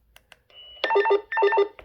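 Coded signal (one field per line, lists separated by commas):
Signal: none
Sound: radio call button ring tone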